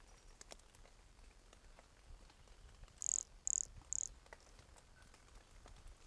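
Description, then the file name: Pumpkin toadlet giving three sharp, very high chirps about half a second apart over quiet background hiss. Recorded at Entroncamento, Teba, in January 2020, with the frog 20 cm from the microphone. "MHNCI Brachycephalus sulfuratus Entroncamento Teba 20 cm from microphone LFR JAN-2020"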